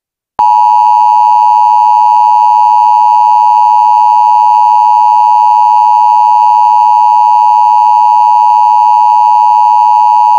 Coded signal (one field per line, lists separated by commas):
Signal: Emergency Alert System (SAME) tones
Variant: 853 and 960 Hz attention tone